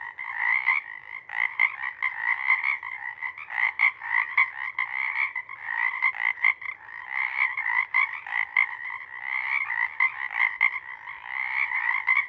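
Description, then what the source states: Pacific chorus frogs in full chorus, a thick, unbroken mass of overlapping croaks that rise and dip throughout. Pond chorus in the pre-morning twilight as the late night wanes; over the recording the chorus waxes and wanes.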